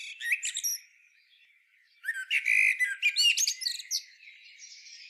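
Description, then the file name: Common blackbird song: the end of one warbled phrase, a short pause, then a fuller phrase of fluted and squeaky high notes. "Turdus merula"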